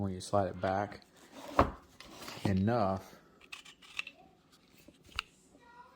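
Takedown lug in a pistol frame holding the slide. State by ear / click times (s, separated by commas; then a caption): not seated / none. A Taurus TX-22 Competition pistol is being reassembled, with the slide being slid back onto the polymer frame so the takedown lug that holds it can spring back into position. Someone talks while soft rubbing and scraping handling noises and a few sharp ticks are heard. Nothing has seated or clicked yet.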